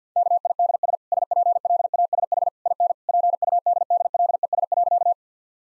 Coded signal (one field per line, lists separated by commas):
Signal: Morse code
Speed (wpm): 50 wpm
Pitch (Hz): 700 Hz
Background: none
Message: KIDS SPLASH IN PUDDLES.